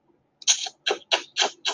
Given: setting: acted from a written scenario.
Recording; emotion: vocal sound without words; sympathy